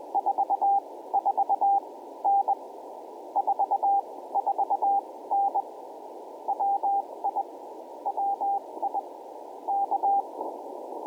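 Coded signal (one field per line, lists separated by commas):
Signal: Morse code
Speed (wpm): 20 wpm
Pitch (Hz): 800 Hz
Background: radio noise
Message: 44N 44N WI WI K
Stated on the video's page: QRP CW park activation at a Georgia wildlife management area.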